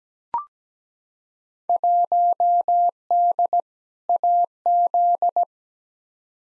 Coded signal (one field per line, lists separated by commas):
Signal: Morse code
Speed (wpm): 17 wpm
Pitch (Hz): 700 Hz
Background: none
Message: 1D AZ